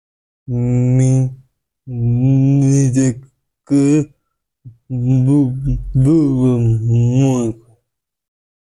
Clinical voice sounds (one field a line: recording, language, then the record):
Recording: elicited speech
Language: Bengali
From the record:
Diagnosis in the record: Broca's or global aphasia after a stroke